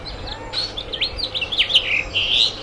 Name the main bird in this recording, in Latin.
Haemorhous mexicanus